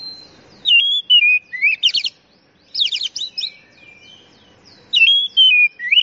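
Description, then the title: Oriental magpie-robin delivering loud whistled phrases that fall in pitch, broken by dense rattling trills and brief pauses, with one phrase repeated toward the end. Champion singing bird. "Kicau Burung Kacer Juara"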